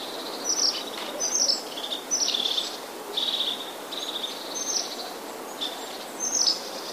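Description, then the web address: Crested Tit calls: high thin notes followed by short purring buzzy trills, repeated several times, over a steady hiss. "wroblowe ptaki czubatki"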